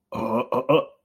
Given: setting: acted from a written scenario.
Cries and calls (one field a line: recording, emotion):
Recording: vocal sound without words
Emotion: negative surprise